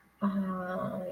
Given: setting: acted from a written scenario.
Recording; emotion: vocal sound without words; sympathy